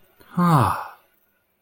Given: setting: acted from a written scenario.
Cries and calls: vocal sound without words; relief

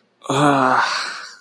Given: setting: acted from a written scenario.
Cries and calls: vocal sound without words; guilt

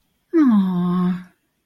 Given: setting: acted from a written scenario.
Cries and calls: vocal sound without words; sympathy

